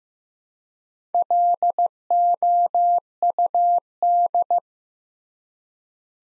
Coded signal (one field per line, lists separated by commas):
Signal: Morse code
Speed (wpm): 15 wpm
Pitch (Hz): 700 Hz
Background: none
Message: LOUD